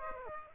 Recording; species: mosquito wingbeat signal from an infrared sensor; Aedes aegypti